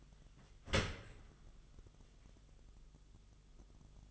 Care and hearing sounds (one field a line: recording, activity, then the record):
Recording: daily activity, microphone in the room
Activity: open dishwasher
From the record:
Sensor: 4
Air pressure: 1005.6 hPa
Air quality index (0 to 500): 113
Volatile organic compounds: 3 ppm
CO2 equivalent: 1414 ppm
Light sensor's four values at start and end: 11/25/10/10 and 11/25/10/10